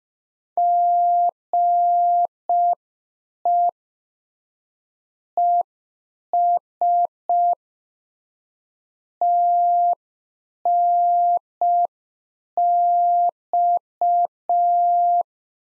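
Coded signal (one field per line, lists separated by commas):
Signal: Morse code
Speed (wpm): 5 wpm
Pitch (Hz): 700 Hz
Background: none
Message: GE ES TNX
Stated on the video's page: Practice QSO at 5 wpm, one-sided complete exchange, each segment sent in Morse, spoken, then sent again for head-copy.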